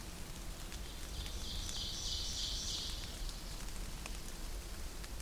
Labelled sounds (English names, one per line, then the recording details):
Ovenbird song
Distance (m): 75 m
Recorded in boreal forest in Alberta, Canada, on 8 June 2016 at 08:52
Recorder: SongMeter 3, array SBT-3-9
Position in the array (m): 165 m, 150 m
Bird 35